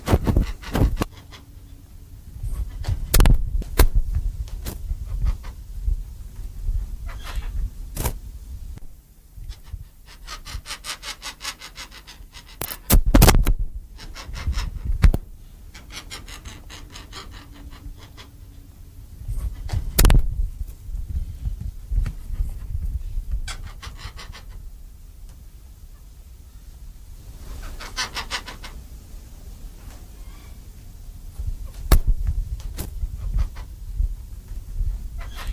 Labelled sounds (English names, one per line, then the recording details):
White Cockatoo call
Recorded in captivity
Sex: male
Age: adult
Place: Zoo Berlin, Berlin, DE
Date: 2007-08-28 18:15
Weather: sonnig, 18°C
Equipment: Sony WM-D6C, Sennheiser ME 80, Kopie Uher 4000 Report Monitor
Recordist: Tembrock, Günter
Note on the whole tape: Männchen: Lautfolgen